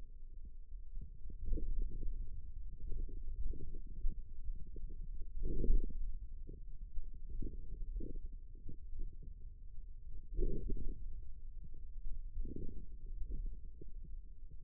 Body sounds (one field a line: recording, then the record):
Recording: forearm muscle sounds (acoustic myography)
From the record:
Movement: ulnar deviation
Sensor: system 2, bracelet of six BSWA MPA416 microphones around the upper forearm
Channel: 3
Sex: male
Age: 22 years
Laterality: right